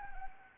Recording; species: mosquito wingbeat signal from an infrared sensor; Anopheles gambiae